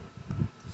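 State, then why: Seated. An ignition coil wire is pushed into its retainer clip on an Echo PB-500T leaf blower engine while the engine cover is refitted after replacing the ignition coil, done because there was no spark. A single short, quiet snap is heard at 0.3 s over low, muffled handling noise, and the wire seats in place.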